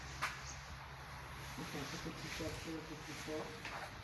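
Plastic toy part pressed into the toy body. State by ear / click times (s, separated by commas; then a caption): not seated / none. A plastic toy part is handled and pressed toward the toy body while someone talks over low background noise. Nothing has seated or clicked yet; the clip ends before the part goes home.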